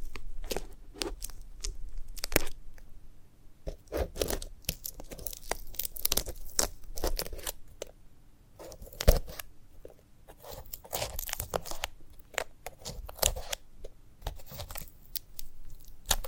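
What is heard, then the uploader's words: Handling of a sunflower head: dense crackling, crinkling and tearing sounds in quick irregular bursts, bright and dry, throughout. Clusters come thicker around four to seven seconds and again near twelve to fourteen, with a sharp snap at about nine seconds and a low steady hum underneath. ASMR of a Sunflower Head (No Talking).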